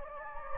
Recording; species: mosquito wingbeat signal from an infrared sensor; Anopheles gambiae